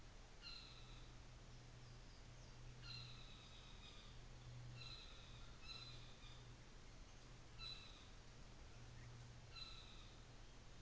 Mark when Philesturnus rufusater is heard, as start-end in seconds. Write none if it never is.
0.31-1.26, 2.63-4.25, 4.69-6.55, 7.34-8.20, 9.34-10.28